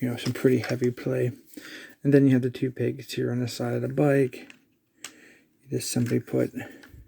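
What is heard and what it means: Someone talks while handling a plastic sidecar next to the two side pegs of a 1/12-scale G.I. Joe Classified Cobra Island Ram toy motorcycle, about to push it onto them. A brief sharp tick is heard at 5.1 s during a pause in the talk. The sidecar has not seated or clicked onto the pegs yet.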